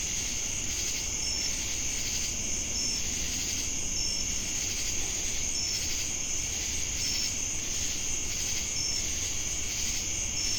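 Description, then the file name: Cricket chorus: a constant high-pitched trill with brief sharp notes repeating roughly every one and a half seconds, swelling insect buzz pulsing alongside, and low background rumble. Crickets with cicadas, Jamestown, North Carolina, USA, 10 August 2018. "Crickets And Sacadas Jamestown NC August-10-2018"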